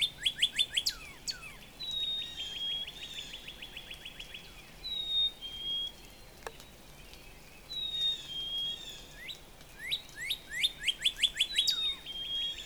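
Northern Cardinal song: rapid series of clear downslurred whistles, then longer slurred notes, then another fast burst of repeated notes near the end.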